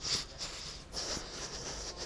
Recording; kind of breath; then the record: one breath in and out by a microphone near the nose and mouth; strong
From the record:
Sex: male